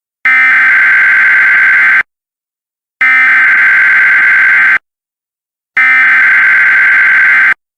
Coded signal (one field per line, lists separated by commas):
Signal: Emergency Alert System (SAME) tones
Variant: header bursts